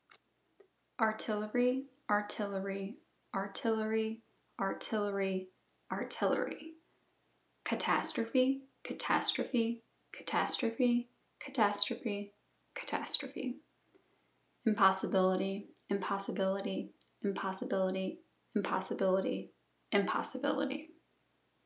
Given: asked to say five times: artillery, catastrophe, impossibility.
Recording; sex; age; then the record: three words, each repeated; female; 30 to 39 years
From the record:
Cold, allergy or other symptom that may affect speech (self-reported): no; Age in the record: 33 years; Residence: South Carolina, United States